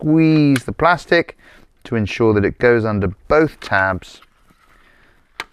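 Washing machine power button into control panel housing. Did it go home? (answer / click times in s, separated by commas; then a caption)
yes / 5.4 s. Someone talks while a plastic on/off power button on a Whirlpool washing machine control panel is squeezed so it passes under both retaining tabs. At 5.4 s a short, sharp click is heard as the button snaps and locks into the control panel housing, fully seated.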